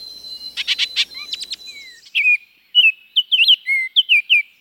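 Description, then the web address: Baltimore oriole song: a few harsh buzzy chatter notes first, then a run of clear, slurred whistles rising and falling over about two seconds. Chicago region. "Birds of the Chicago Region. Baltimore Oriole"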